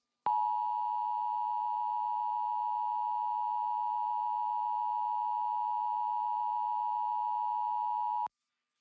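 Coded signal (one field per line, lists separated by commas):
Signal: Emergency Alert System (SAME) tones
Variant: 853 and 960 Hz attention tone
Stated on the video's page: EAS test aired on a local TV news station.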